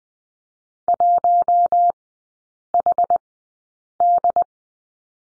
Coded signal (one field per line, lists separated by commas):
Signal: Morse code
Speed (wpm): 20 wpm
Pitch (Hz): 700 Hz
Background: none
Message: 1HD